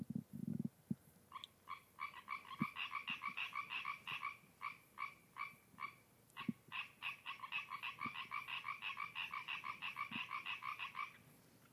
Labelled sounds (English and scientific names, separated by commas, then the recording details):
Common Tree Frog (Hyla arborea) call
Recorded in the wild
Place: Kloster, Insel Hiddensee, Mecklenburg-Vorpommern, DE
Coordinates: 54.5883, 13.1158
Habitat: lake
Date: 2012-09-10 20:15
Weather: 15°C, almost windless
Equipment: Sound Devices 702, Sennheiser MKH 415 T, Rhode Windschutz
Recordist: Frommolt, Karl-Heinz
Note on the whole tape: Reedsaal: Rufe von Laubfröschen im Schilf